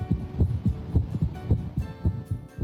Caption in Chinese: 我们在听诊的时候，如果在两次正常心跳之间出现提前跳动的一次心跳，可能是心脏早搏。